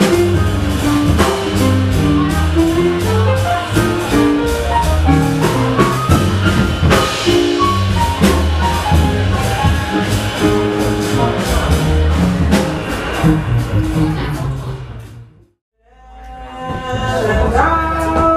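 Jazz bar music plays with a walking bass line, busy piano-like chords and crisp drum and cymbal hits throughout. Around fifteen seconds the sound fades to a brief silence, then a thinner, quieter passage comes back in.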